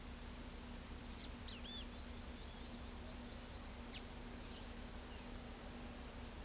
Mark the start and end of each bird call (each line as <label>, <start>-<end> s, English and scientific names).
Great Kiskadee (Pitangus sulphuratus), 1.13-1.84 s
Carib Grackle (Quiscalus lugubris), 1.91-3.63 s
Blue-gray Tanager (Thraupis episcopus), 3.87-4.69 s